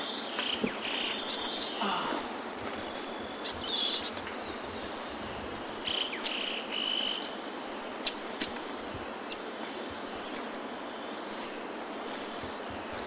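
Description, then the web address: Golden-eared tanager calls: thin, very high chirps given in irregular short bursts, over a steady high insect drone throughout. Ecuador. "Birds of Ecuador. Golden-eared Tanager"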